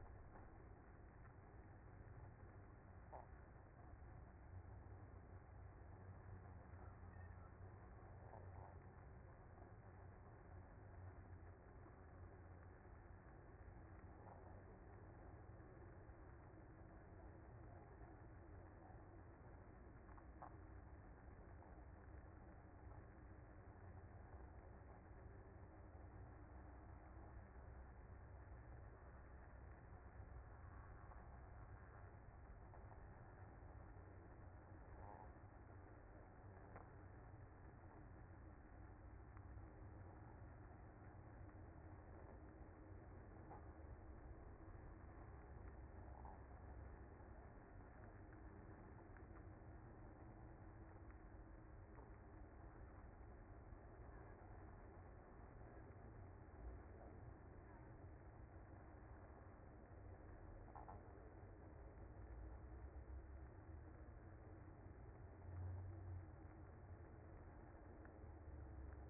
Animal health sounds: honeybee colony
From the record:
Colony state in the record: active

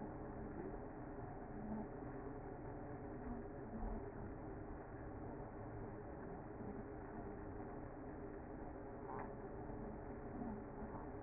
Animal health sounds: honeybee colony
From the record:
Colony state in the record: active

